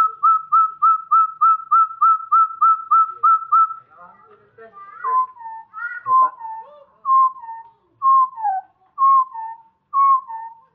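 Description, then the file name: Chestnut-bellied partridge calling: a quick even string of mellow whistles, then slower downslurred two-part notes repeated roughly every second. Java. "suara puyuh gonggong jawa"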